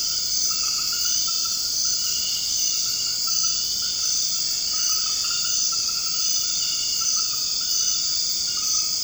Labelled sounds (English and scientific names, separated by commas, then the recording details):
none
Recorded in secondary vegetation near Puerto Asís, Putumayo, Colombia, on 21 March 2025 at 21:30
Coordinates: 0.502, -76.326
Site G100